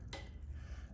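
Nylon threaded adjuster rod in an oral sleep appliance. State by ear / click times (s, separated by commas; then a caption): released / 0.1 s. An old nylon threaded adjuster rod is pushed downward until it disengages from a flexTAP oral sleep appliance. A single short tick is heard at 0.1 s. The rod pops out and is released from the device.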